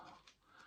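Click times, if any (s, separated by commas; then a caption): 0.3 s. A plastic cape piece is snapped back into an action figure's back, with one quiet snap at 0.3 s over soft breathy background noise. The cape snaps in but does not hold well, and it might need hot glue.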